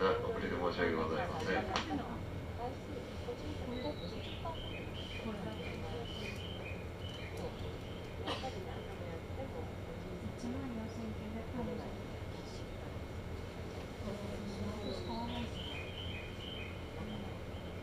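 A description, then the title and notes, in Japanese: A local train on the Chuo East Line runs with a steady low rumble throughout. Voices talk during the first two seconds, and sharp clicks land near 2 and 8 seconds. Bright chirping tones repeat around 4 to 6 seconds and again near 15 to 17 seconds. 中央東線普通 大月→高尾。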